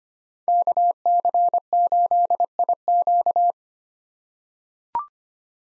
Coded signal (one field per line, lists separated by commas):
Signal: Morse code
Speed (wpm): 25 wpm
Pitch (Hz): 700 Hz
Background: none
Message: KC8IQ